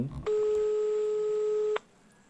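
A single steady electronic ringing tone of a call placed from a mobile phone holds for about a second and a half at a fixed mid pitch, then cuts off abruptly, leaving quiet background hiss.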